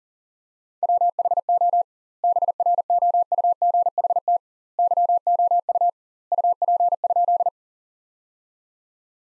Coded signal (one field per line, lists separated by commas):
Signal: Morse code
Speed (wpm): 37 wpm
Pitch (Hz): 700 Hz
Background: none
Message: WHO BROUGHT YOU UP?